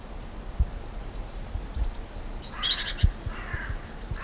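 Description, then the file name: Great tit harsh call: a short burst of high, ticking notes and a raspy chatter near the middle, then a fainter churring rasp, over low rumbling background noise. "Parus major"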